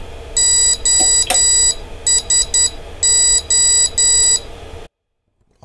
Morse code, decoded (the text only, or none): OSO